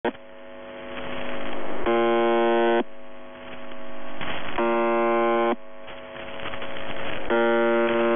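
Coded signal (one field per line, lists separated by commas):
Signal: numbers station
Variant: UVB-76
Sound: three harsh one-second buzzes separated by static and hum, no voice heard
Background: radio static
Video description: [UVB-76, The Buzzer] Voice Message; 19. August 2021, 12:34 UTC / Callsign: NZhTI (НЖТИ) Message text: 63 495 TAKTOSIG (ТАКТОСИГ) 16 73 14 77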